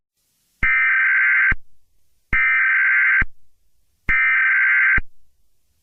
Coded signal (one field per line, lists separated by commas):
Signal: Emergency Alert System (SAME) tones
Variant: header bursts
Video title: EAS Scenario Golden Freddy